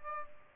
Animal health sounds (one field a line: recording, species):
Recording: mosquito wingbeat signal from an infrared sensor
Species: Aedes aegypti